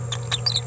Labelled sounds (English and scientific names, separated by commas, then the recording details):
Green-rumped Parrotlet (Forpus passerinus) babbling
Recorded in a nest box in Venezuela
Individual 18B17A3